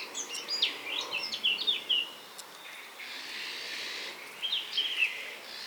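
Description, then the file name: Eurasian blackcap warbled phrase of quick varied notes at the start, a short fluty tail, and another brief burst near the end over a steady hiss. "Sylvia atricapilla"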